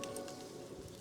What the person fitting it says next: No way. I just stripped one.